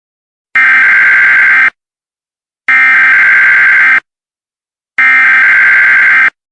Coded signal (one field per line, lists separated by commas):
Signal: Emergency Alert System (SAME) tones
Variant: header bursts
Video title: EAS SEVERE THUNDERSTORM WARNING